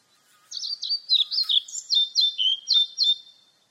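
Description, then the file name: Eurasian blackcap: a phrase of many slurred whistled notes in quick succession, each sliding downward, lasting some three seconds. "Sylvia atricapilla"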